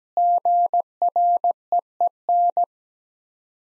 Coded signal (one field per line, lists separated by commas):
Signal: Morse code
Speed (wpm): 17 wpm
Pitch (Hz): 700 Hz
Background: none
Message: GREEN